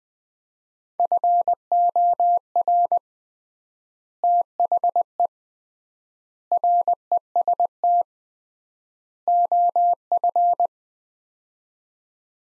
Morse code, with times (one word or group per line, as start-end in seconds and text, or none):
1.0-3.0 FOR
4.2-5.3 THE
6.5-8.0 REST
9.3-10.7 OF